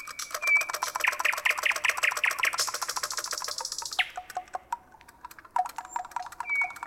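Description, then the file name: Common nightingale song: a long pure whistle, then a fast run of repeated notes, a buzzy high rattle and a few scattered notes. Recorded in a city. "Nightingale-Cities 1"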